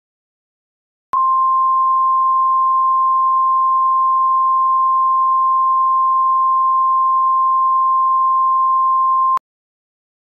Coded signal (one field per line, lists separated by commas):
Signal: Emergency Alert System (SAME) tones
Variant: 1050 Hz attention tone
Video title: Real EAS #60 - Severe Thunderstorm Warning